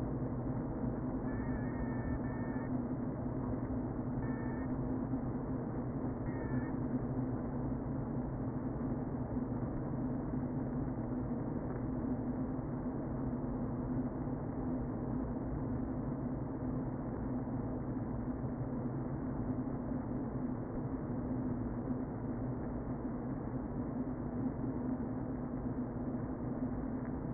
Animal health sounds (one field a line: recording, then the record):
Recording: honeybee colony, microphone inside the hive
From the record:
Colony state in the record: queen present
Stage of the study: before two queens were removed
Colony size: about 60,000 bees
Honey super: yes